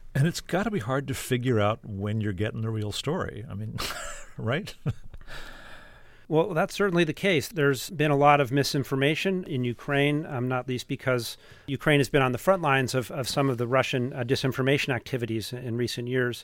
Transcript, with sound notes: And it's got to be hard to figure out when you're getting the real story, I mean - right (laughter)
Well, that's certainly the case. There's been a lot of misinformation in Ukraine, not least because Ukraine has been on the frontlines of some of the Russian disinformation activities in recent years.